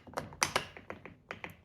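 The AC compressor clutch plate on a 2017+ Pacifica is lined up with the notch on the compressor shaft and pushed on until it clicks into place. Several light metallic taps and clicks are heard, with the sharpest, loudest click at 0.4 s as the plate seats on the shaft. Smaller taps follow near 0.6, 0.9, 1.3 and 1.4 s.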